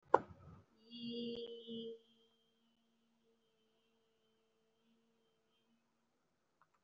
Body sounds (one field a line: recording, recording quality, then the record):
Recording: sustained vowel as in beet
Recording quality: excellent, no background noise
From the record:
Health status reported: respiratory illness, not identified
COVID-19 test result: not tested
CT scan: not taken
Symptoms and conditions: breathing difficulty, fatigue, asthma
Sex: female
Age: 39 years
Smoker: no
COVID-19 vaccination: none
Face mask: worn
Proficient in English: no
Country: India